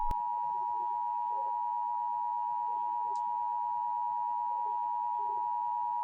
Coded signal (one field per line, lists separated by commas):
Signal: Emergency Alert System (SAME) tones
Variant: 853 and 960 Hz attention tone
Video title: What Will Happen Today At 6 PM PST In I As California (EAS Mini)